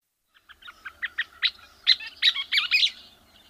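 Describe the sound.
Scissor-tailed flycatcher calls: a series of sharp, sputtering chips and chattering notes building to a louder, busier burst.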